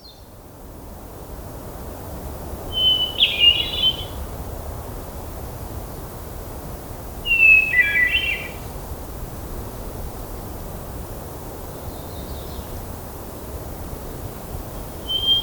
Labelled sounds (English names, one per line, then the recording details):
Hermit Thrush song
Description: Hermit Thrush song recorded on the Allenspark Trail in Rocky Mountain National Park
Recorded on 1 June 2016